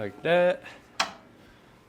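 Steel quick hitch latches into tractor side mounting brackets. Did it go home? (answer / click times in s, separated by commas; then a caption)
yes / 1.0 s. Someone talks briefly as a heavy steel quick hitch, hanging on its rod bracket, is lifted into the side mounting points on a John Deere 1025R tractor frame. A sharp metallic click sounds at 1.0 s as its spring latches catch. Both latches click in and the hitch is seated.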